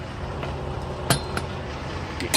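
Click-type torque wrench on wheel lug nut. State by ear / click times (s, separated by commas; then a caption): torque reached / 1.1 s, 1.4 s. A click-type torque wrench is re-clicked on a steel wheel lug nut, given two clicks to be sure it is torqued. Over a steady low background hum, sharp metallic clicks land at 1.1 s and 1.4 s, with another brief tap near 2.2 s and a final one at the very end. The torque is confirmed.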